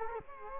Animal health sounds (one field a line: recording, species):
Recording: mosquito wingbeat signal from an infrared sensor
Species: Culex quinquefasciatus